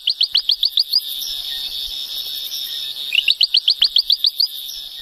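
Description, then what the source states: Ventriloquial frog calling in two rapid bursts of sharp, high clicking chirps, separated by a pause of about two seconds, over a steady high hiss. Recorded on an expedition in Haiti, remote isolated cloud forest patch atop a rugged mountain; distinctive complex call for a small frog, which throws its call so the source is hard to locate.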